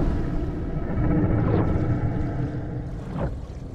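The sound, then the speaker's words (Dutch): Long, low whale-like moans over a steady, dense underwater rumble, with two brief rising, wavering calls standing out about halfway through and near the end. “Dus stop nu gewoon met walvis spreken.”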